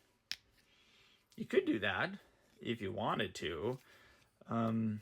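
A plastic shoulder/back panel on the torso joint of a Transformers Age of the Primes Leader Class Onyx Prime action figure is lifted up into its raised position and gives a sharp click at 0.3 s, seating in the detent there. Afterward someone talks.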